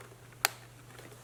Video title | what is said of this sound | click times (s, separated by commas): Eufy 11S Battery Replacement - Solid Red Light Repair | It just clicked in, it's good to go. | 0.5 s